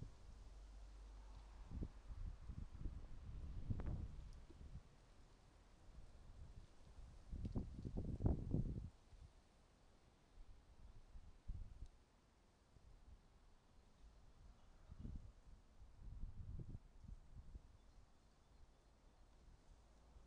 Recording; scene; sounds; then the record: everyday scene through a hearing-aid microphone; wind on the microphone; wind, traffic, birds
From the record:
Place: suburban garden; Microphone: in the ear canal, right